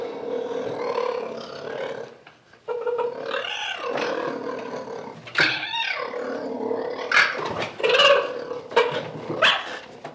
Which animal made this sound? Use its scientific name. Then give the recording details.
Acinonyx jubatus. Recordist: Tembrock, Günter